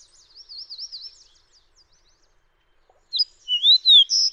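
Fox sparrow song: the start of a loud whistled, slurred phrase near the end, after a faint warbling bird in the background.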